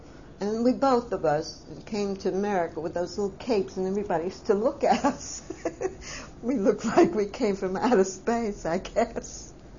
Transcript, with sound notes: And we, both of us, came to America, with those little capes and everybody used to look at us. (she laughs) We looked like we came form outer space, I guess.